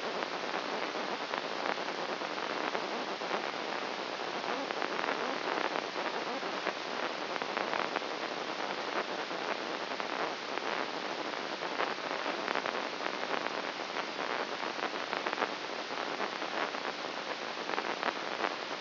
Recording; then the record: brain microelectrode recording played as sound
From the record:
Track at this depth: inside the subthalamic nucleus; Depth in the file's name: 2.84 mm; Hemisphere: right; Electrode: 2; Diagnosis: Parkinson's disease